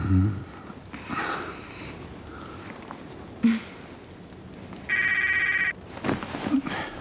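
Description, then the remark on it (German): A mobile phone rings with one steady, buzzy electronic tone burst lasting under a second, standing out loudly against faint rustling and shuffling sounds. “Wo ist das Handy?”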